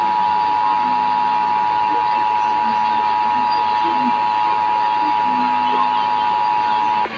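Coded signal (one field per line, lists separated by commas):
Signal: Emergency Alert System (SAME) tones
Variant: 853 and 960 Hz attention tone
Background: speech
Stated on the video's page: Los Angeles County Required Monthly Test relayed on KLOS, KFI, KNX, KBIG and KABC AM.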